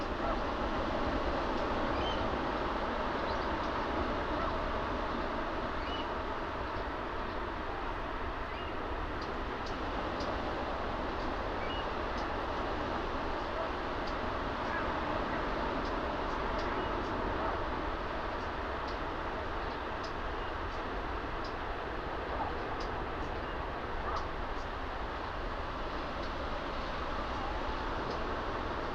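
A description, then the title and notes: At Nothe Fort on England's Jurassic coast, a steady, dense low roar runs unbroken throughout, dotted with faint scattered clicks and ticks. Nothe Fort on the Jurassic coast of England.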